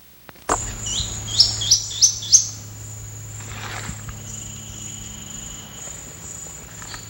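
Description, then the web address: Plain Xenops: a short series of four high, sharp rising notes, over a constant high insect whine and low hum. Excited song after tape playback, and calling, at 0903 hours. "GLOTIN EXPLOLODGE bird samples xenopsminutus LIFECLEF 2014 BIRDAMAZON"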